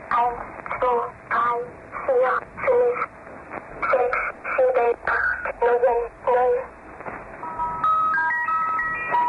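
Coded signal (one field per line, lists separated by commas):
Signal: numbers station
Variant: Swedish Rhapsody, German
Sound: high-pitched voice reading short evenly spaced words over radio, then faint chiming notes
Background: radio static, music box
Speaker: the broadcasts feature a bizarre sequence of the music box version of Swedish Rhapsody followed by a child or woman's voice reading out a series of numbers in German take a listen and see if you can make sense of this Eerie Swedish Rhapsody recording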